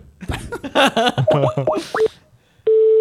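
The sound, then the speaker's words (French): After a few seconds of voices, a loud, steady telephone ringing tone starts on an outgoing call to the restaurant Le Fleuret: a single sustained mid-pitched beep that holds to the end. “Ça sonne.”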